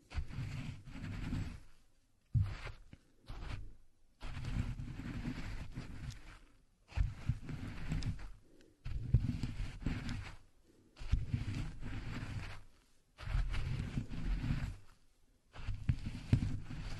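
Walnuts are ground by hand in a series of rough, crunching bursts, each lasting about two seconds with brief silent gaps between them. The grinding has a heavy, low rumble underneath a gritty rasp and repeats steadily throughout.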